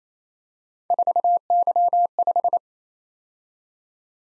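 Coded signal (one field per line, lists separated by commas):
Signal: Morse code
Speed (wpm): 27 wpm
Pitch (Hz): 700 Hz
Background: none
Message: 4Y5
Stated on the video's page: Morse head-copy drill of random three-character letter-number combinations at 28 wpm, each sent, spoken, then sent again.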